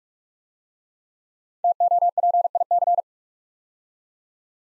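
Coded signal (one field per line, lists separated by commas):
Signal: Morse code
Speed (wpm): 44 wpm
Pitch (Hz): 700 Hz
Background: none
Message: TOPIC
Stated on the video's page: Head-copy practice of 5-letter words at 45 wpm, first letters spoken, word sent in Morse, spoken, then sent again.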